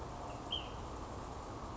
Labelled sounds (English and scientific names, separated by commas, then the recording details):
Ash-throated Flycatcher (Myiarchus cinerascens)
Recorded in Sonoma County, California